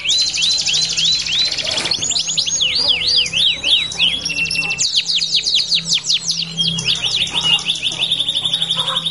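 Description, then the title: Belgian canary with varied song: sharp rising whistles, a series of looping downslurred notes, then fast trills and flat sustained tones. Song played to warm up canaries and prompt them to sing; said to make canaries join in within seconds. "Canto Para Esquentar Canário Belga. LANGSUNG NYAUT. Pancingan suara kenari hitungan detik langsung ikut bunyi"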